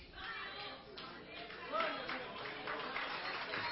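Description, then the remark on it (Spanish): An audience claps for Christ in a steady, dense wash of applause, with scattered voices calling out over it and the clapping swelling slightly louder partway through. “Dale un aplauso a Cristo, que Él se lo merece. El aplauso sea más fuerte, que Él se lo merece.”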